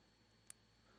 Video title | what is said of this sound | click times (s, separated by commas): #DEADPROGRAM @LAPIPATV__S01_EP09 | and it makes a little satisfying click | 0.5 s